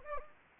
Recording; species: mosquito wingbeat signal from an infrared sensor; Anopheles gambiae